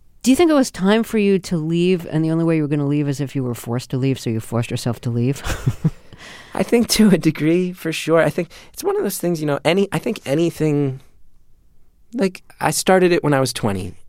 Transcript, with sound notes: Do you think it was time for you to leave, and the only way you were going to leave is if you were forced to leave, so you forced yourself to leave (laughter)
I think to a degree, for sure. I think it's one of those things - you know, I think anything - like, I started it when I was 20.